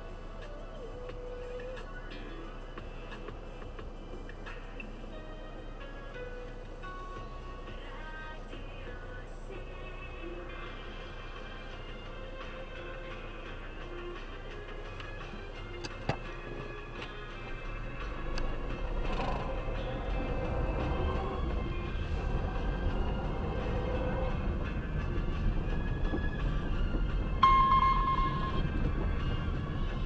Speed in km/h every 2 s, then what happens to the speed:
0, 0, 0, 0, 0, 0, 1, 0, 0, 0, 6, 11, 19, 21, 15.
0-19 standing. 19-25 pulls away to 21.